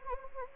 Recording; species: mosquito wingbeat signal from an infrared sensor; Anopheles gambiae